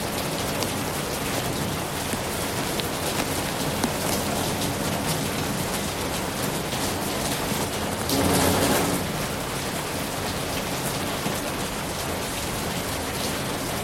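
Rain falls steadily beside you in a dense, even hiss, swelling briefly into a louder, fuller rush around the eighth second.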